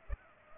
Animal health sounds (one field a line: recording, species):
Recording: mosquito wingbeat signal from an infrared sensor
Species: Culex pipiens